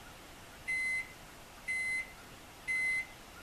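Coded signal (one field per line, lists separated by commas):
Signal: none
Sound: microwave oven's done beeps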